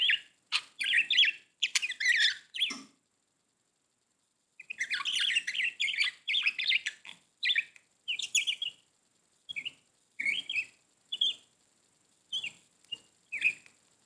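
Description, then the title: Budgerigar warbling chatter: busy run of squeaky, buzzy notes, a quiet gap of about two seconds, then more warbling ending in separate short chirps. "Budgie Sounds"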